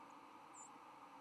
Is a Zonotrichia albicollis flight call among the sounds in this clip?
yes